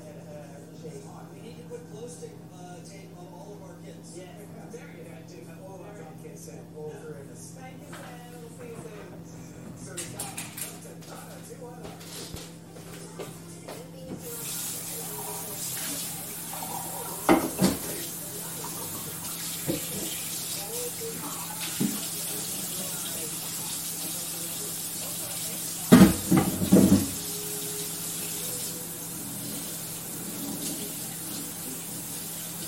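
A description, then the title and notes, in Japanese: A kitchen in the morning with a steady low hum and faint background chatter, then water runs from about 14 seconds, with sharp clatters near 17 and 26 seconds. 9am at the kitchen。ステレオ音声。DR-07X #TASCAM #オーストラリア #バイノーラル #PCM。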